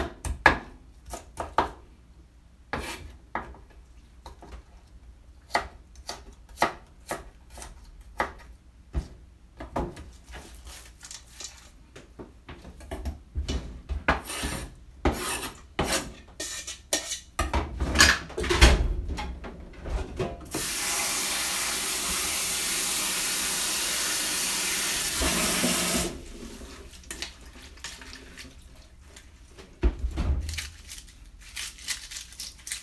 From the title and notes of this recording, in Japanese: キッチンの音。水の音が心地よい！